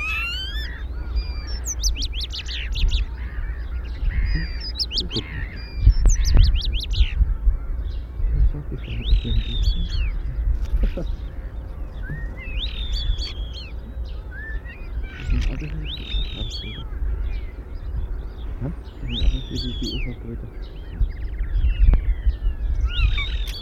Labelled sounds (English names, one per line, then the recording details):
European Starling
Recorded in the wild
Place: Dwasiden, Insel Rügen, Mecklenburg-Vorpommern, DE
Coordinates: 54.51, 13.62
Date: 1970-04-14
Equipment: Nagra III BH, Sennheiser MD 21, parabola
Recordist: Schubert, Michael
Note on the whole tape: mehrere Stare, einzelne singen (Imitationen v. Waldwasserl., Bussard, Buchfink)(4:45-7:00)